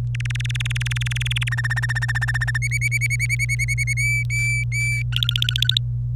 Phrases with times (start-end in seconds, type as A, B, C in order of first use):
0.14-1.49 A, 1.51-2.58 B, 2.62-3.93 C, 3.97-5.02 D, 5.12-5.77 E